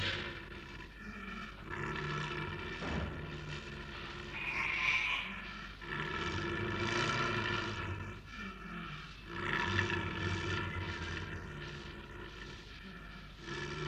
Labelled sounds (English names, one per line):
Snow Leopard